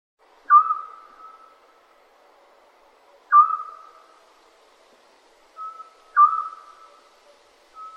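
Scops owl call, a short whistled note given three times at steady intervals of about three seconds, with fainter shorter notes between and after, otherwise silent.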